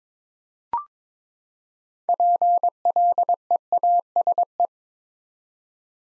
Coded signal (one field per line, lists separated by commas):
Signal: Morse code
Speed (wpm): 22 wpm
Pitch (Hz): 700 Hz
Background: none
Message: PLEASE